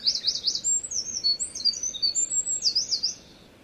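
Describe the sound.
Wren song, opening with a fast rattling trill, then a rush of high piercing notes and a second rattle before stopping after about three seconds.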